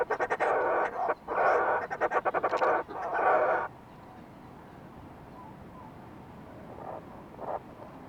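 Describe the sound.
Fulmar prion producing loud, rapid rattling calls in several bursts for the first few seconds, followed by quiet with a couple of faint notes.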